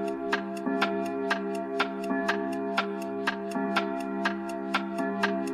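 household object, clock striking the hour

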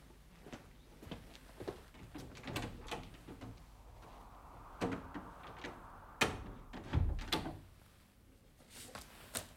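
household object, door being closed

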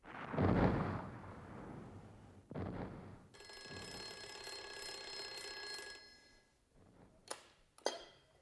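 signal or alarm, telephone bell ringing

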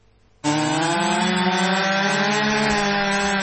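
tool, chainsaw running

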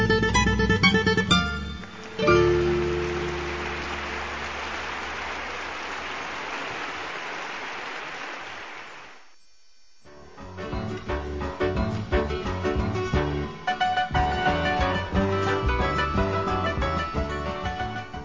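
crowd, audience applause

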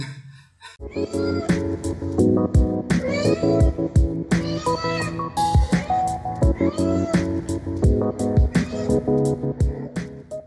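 animal, cat meowing

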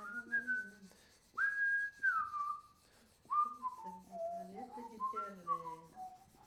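human body sound, person whistling a tune

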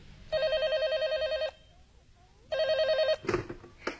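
signal or alarm, telephone ringing

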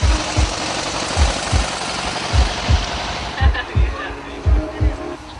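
vehicle, car engine running

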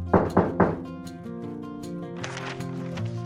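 household object, knocking on a door

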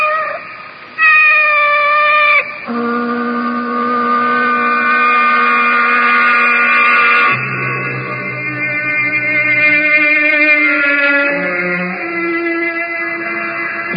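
animal, cat meowing and yowling

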